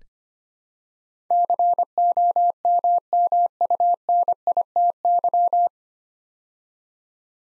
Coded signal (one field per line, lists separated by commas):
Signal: Morse code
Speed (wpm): 25 wpm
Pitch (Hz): 700 Hz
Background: none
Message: COMMUNITY